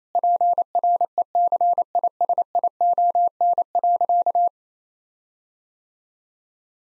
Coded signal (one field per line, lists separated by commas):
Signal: Morse code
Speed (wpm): 27 wpm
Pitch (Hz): 700 Hz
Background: none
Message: PRECISION.